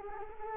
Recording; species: mosquito wingbeat signal from an infrared sensor; Culex quinquefasciatus